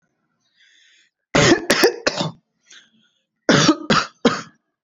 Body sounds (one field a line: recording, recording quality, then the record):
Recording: heavy voluntary cough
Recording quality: excellent, no background noise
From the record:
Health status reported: healthy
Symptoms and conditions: none ticked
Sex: male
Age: 23 years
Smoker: not ticked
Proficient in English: yes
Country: India